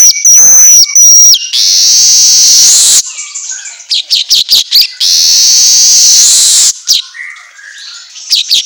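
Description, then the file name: Asian golden weaver song, a steady high whistle, long wheezy buzzes and quick clicking runs between them. Song recording meant for training songbirds to sing constantly ('auto gacor'). "Suara Kicau Manyar Kepala Emas Auto Gacor"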